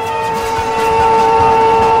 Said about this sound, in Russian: Окутывая перрон густым паром, прибывает поезд.